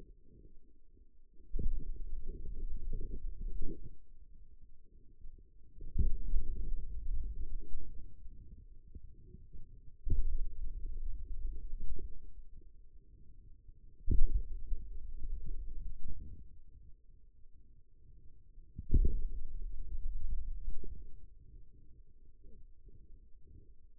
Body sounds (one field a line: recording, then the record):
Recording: forearm muscle sounds (acoustic myography)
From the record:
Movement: finger pinch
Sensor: system 2, bracelet of six BSWA MPA416 microphones around the upper forearm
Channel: 3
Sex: male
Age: 22 years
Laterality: right